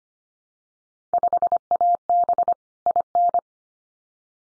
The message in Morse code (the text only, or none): 5AB IN